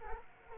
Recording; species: mosquito wingbeat signal from an infrared sensor; Culex quinquefasciatus